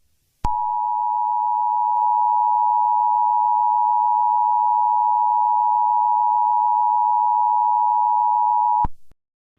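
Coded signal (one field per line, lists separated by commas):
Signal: Emergency Alert System (SAME) tones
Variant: 853 and 960 Hz attention tone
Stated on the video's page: Mock EAS alert, made with text-to-speech and Audacity.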